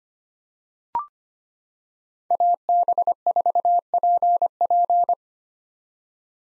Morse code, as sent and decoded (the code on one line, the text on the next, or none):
.- -... ....- .--. .--.
AB4PP